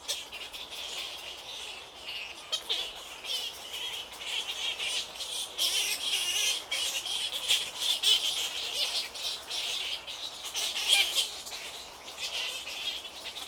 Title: Ile Napoléon, lac Kivu, Rwanda - bats bats bats